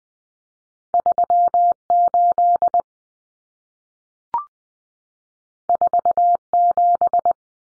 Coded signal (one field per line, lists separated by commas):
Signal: Morse code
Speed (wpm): 20 wpm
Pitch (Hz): 700 Hz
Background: none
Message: 38 47